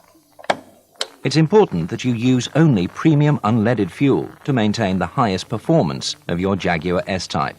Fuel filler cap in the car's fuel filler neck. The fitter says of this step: turn the cap counterclockwise until you hear a snap